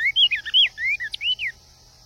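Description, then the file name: Cinnamon tanager song: a quick run of slurred, whistled notes, rising and falling, bunched into a lively phrase of about a second and a half. "Canto do bico de veludo"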